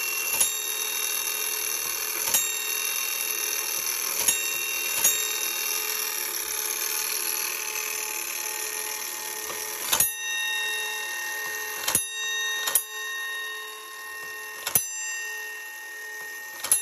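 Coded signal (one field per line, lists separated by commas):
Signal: coded fire alarm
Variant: Gamewell fire alarm gong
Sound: a large gong struck about eight times at uneven intervals, each ringing on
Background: room ambience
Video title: 1890’s GEO. M. STEVENS Fire Station Gong Bell and Gamewell Fire Alarm.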